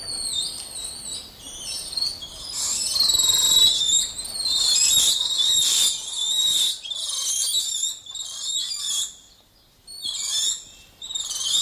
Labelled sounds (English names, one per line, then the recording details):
Black-handed Spider Monkey
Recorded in captivity
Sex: group
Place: Tiergarten Schönbrunn, Wien, AT
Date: 1989-06-09 20:22
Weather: sunny, 18°C
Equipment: Sony WM-D6C, Kopie Tesla B 116
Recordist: Tembrock, Günter